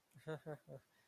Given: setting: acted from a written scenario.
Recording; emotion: vocal sound without words; shame